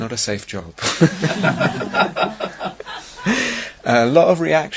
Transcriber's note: laughter